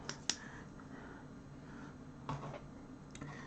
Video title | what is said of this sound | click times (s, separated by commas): BBC Micro Model B - Adding a 1772 disk interface part 2 | Not quite. There we go. Just heard that little click. | 0.3 s